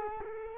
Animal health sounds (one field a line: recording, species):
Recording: mosquito wingbeat signal from an infrared sensor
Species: Culex quinquefasciatus